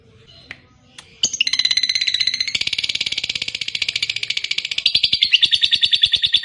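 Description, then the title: Lovebird song, a few soft notes then a sudden fast, buzzy chattering stream that continues steadily to the end. Fighter lovebird, singing energetically (gacor). "Berkat SUARA Lovebird FIGHTER GACOR Ini"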